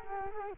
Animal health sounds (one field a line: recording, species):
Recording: mosquito wingbeat signal from an infrared sensor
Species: Culex quinquefasciatus